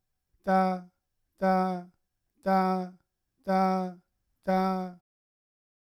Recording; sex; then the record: repeated syllable /ta/; male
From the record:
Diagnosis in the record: Parkinson's disease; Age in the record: 71 years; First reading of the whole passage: 60 s, 8.7 characters per second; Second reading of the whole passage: 57 s, 9.1 characters per second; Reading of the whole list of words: 54 s, 5.3 characters per second